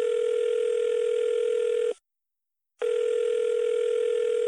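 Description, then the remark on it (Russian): A telephone ringing tone repeats unanswered on a call home: a steady, buzzy mid-pitched electronic tone holds for about two seconds, cuts out briefly, then sounds again. No voices. “Далила позвонила домой, никто не ответил.”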